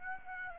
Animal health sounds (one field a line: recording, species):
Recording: mosquito wingbeat signal from an infrared sensor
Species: Aedes aegypti